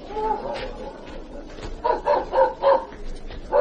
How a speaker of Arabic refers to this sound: وحضرته نادر الكلب البوليسي مش كده؟ مظبوط يا فندم.